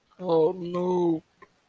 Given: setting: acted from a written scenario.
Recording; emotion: vocal sound without words; shame